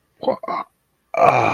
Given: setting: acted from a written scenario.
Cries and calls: vocal sound without words; confusion

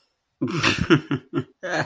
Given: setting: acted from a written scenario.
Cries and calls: vocal sound without words; contempt

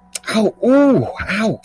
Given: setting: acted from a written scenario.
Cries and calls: vocal sound without words; pain

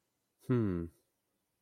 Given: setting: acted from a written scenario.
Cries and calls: vocal sound without words; interest

